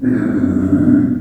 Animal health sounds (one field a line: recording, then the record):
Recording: squeal of a Yucatan mini pig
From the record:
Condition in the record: after surgery on the right vocal fold (resection and tissue-engineered implant)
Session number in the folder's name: 4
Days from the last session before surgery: 26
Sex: female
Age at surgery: 19 weeks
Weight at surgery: 25 kg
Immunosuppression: prednisolone